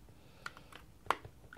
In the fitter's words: you get them unlocked, oh, you heard one snap back.